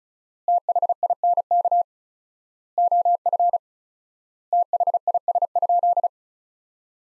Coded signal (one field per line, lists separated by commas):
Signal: Morse code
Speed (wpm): 34 wpm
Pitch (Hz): 700 Hz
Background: none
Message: THINK OF THIS?